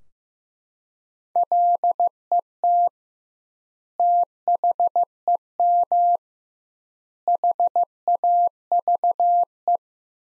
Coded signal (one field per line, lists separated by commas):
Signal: Morse code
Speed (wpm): 14 wpm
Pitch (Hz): 700 Hz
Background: none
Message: LET THEM HAVE